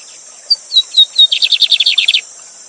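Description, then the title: Lined seedeater song of falling whistled notes running into a fast rattling, buzzy trill, with steady high-pitched hissing throughout. Teacher bird singing the Gavião negro song style live beside a waterfall. "Novo Canto de Bigodinho. Bigode Gavião negro professor de canto cantando ao vivo com cascata!"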